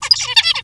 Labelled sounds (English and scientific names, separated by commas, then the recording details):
Zebra Finch (Taeniopygia guttata) song
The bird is a male
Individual mal8